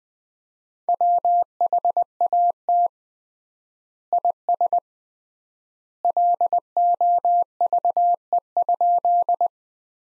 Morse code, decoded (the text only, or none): WHAT IS LOVE?